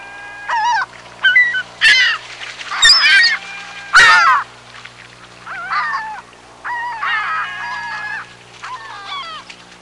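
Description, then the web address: Gulls calling, several harsh, ringing yelps and shorter mewing cries in irregular bursts, over a quiet background with a faint low hum. "sound seagulls"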